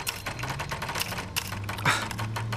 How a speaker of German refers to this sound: Da seht ihr, was ihr angerichtet habt. Jetzt kann ich den ganzen Mist wieder von vorne tippen.